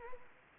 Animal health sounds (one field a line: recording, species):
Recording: mosquito wingbeat signal from an infrared sensor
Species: Anopheles arabiensis